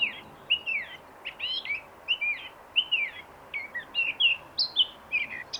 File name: Sylvia atricapilla